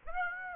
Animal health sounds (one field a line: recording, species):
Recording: mosquito wingbeat signal from an infrared sensor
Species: Aedes aegypti